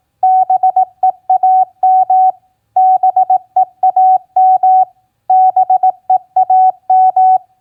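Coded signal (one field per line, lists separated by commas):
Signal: Morse code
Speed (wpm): 18 wpm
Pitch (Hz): 750 Hz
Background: none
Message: BEAM BEAM BEAM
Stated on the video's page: Morse code practice of common QSO elements at 18 wpm.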